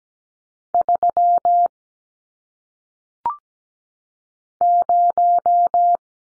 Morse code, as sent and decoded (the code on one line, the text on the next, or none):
...-- / -----
3 0